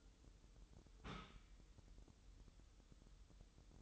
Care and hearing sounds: daily activity, microphone in the room; take from stove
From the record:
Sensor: 3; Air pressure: 988.3 hPa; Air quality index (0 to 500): 191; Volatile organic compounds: 269 ppm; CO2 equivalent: 4410 ppm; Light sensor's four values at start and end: 24/75/32/27 and 24/75/31/27

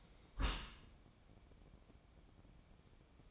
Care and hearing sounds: daily activity, microphone in the room; close dishwasher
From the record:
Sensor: 1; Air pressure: 1012.4 hPa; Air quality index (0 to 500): 169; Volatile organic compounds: 3 ppm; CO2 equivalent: 1378 ppm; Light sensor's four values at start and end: 492/1081/494/541 and 488/1074/491/537

